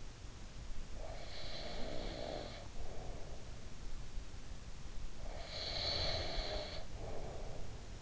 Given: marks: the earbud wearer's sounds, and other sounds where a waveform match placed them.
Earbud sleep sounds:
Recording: sounds in sleep by an in-ear microphone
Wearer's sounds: breath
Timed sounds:
0.84-3.57 s: breath
4.77-8.02 s: breath

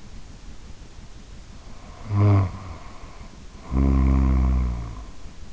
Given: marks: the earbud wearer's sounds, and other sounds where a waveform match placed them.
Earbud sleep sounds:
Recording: sounds in sleep by an in-ear microphone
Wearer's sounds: snoring breath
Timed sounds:
1.69-5.53 s: snoring breath

